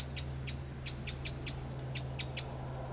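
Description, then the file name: Eurasian wren uttering crisp tick calls, nine notes spaced unevenly over three seconds, against a faint low drone. "Troglodytes troglodytes"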